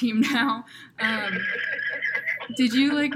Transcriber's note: laughter